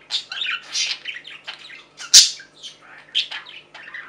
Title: Budgie Sounds